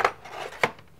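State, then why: Not seated. A plastic and metal drip tray is slid back into the base of an espresso machine. It rubs and scrapes, with a sharp knock near 0.1 s, a louder one at 0.6 s and a faint tick at 0.8 s. The tray has not caught or locked in place, probably because it was not put in properly.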